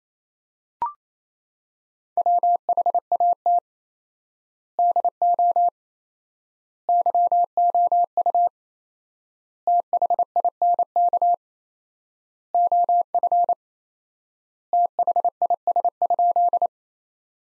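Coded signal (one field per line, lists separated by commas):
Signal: Morse code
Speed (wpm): 28 wpm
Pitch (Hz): 700 Hz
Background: none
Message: WHAT DO YOU THINK OF THIS?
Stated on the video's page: Morse practice: sentences from the top 200 words at 28 wpm with 4x word spacing, a word-based version of Farnsworth spacing.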